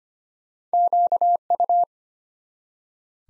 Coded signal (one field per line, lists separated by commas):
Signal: Morse code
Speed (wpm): 25 wpm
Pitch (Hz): 700 Hz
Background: none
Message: QU